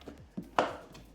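A plastic tabbed trim piece is slid and pressed around the front of a KidZone Lamborghini ride-on toy car, with faint knocks at 0.0, 0.4 and 1.0 seconds. A sharp, loud click at 0.6 seconds marks the tabs snapping in, and the piece is fully installed.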